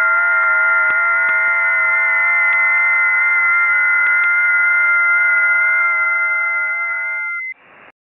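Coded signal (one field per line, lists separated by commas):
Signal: FT8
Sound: chord of many steady, faintly warbling tones that stop together, then brief hiss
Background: radio static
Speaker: I tuned to 10 meters FT8. Here are the results. They are mainly amateurs from Europe. I also see a few stations from Brazil.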